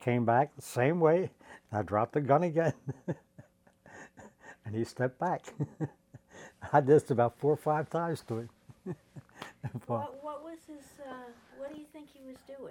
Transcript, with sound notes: I came back the same way and I dropped the gun again. [chuckles] And he stepped back. I did this about four or five times to him.
What — what was his — what do you think he was doing?